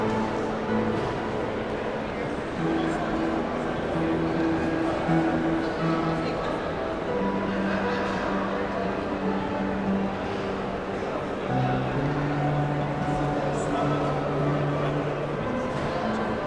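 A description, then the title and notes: A busy train station hall with someone playing the public piano: low, held notes shift every second or two, forming a slow melody over a dense, steady murmur of crowd chatter. The overall loudness stays level throughout, with occasional brighter clatter. Paris Gard du Nord Train Station Afternoon Piano. Ambient busy big city train station with a talented chap tickling the public piano.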